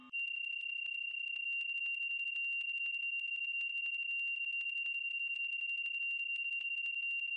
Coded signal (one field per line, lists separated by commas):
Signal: PSK31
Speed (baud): 31.25 baud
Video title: SDR Transceiver Zeus ZS-1 - An Introduction